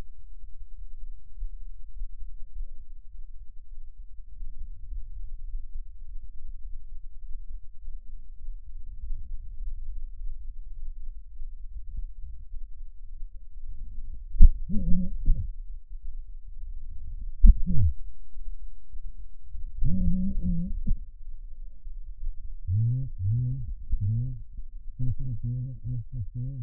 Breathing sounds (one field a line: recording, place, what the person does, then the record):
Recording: lung sounds by stethoscope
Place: left anterior apical chest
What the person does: quiet breathing, then cough and speech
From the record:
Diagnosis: pulmonary infection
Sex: male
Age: 54 years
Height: 187 cm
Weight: 95 kg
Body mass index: 27.2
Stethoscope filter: bell mode